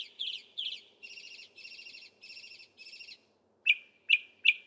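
Northern mockingbird singing varied sounds: harsh squawky notes, then repeated buzzy chattering phrases, ending with three sharp high notes, over faint background noise.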